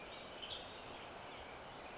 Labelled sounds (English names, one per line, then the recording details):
Western Tanager
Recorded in Sonoma County, California